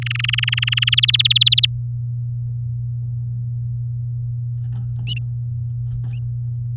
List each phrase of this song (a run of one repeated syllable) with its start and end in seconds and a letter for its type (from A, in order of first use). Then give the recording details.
0.02-0.95 A, 0.97-1.66 B. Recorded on 9 May 2018 at 08:17. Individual llb16